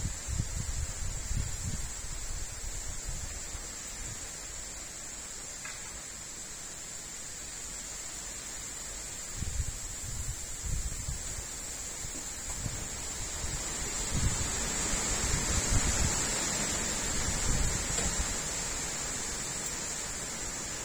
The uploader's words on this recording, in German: Wind im Innenhof. Das angekündigte Gewitter ist noch nicht da, aber die Bäume im Innenhof werden schon mal sanft von links nach rechts gewiegt.